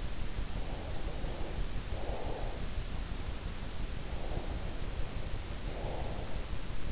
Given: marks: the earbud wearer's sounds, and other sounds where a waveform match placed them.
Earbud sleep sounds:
sounds in sleep by an in-ear microphone; breath
0.31-2.92 s: breath
3.82-6.66 s: breath

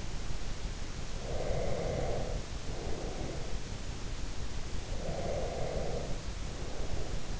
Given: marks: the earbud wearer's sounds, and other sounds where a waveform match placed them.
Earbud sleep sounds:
sounds in sleep by an in-ear microphone; breath
1.20-3.66 s: breath
4.89-7.38 s: breath

